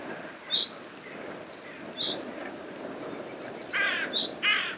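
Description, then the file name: Carrion crow giving two coarse, grating caws near the end, with a few brief high chirps before and between them. "Corvus corone"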